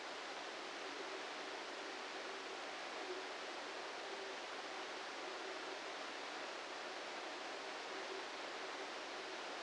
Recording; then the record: brain microelectrode recording played as sound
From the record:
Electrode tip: outside the subthalamic nucleus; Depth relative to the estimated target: -6 mm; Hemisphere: left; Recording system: NeuroSet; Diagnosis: Parkinson's disease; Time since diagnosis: 8 years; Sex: male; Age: 58 years